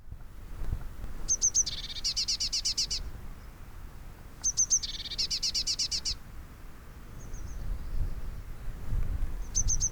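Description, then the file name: Eurasian blue tit giving repeated calls, each a couple of high thin notes leading into a rapid scolding churr, about three phrases over low background rumble. "Cyanistes caeruleus"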